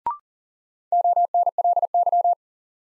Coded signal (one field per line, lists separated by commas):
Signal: Morse code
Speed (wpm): 37 wpm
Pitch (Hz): 700 Hz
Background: none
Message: ONLY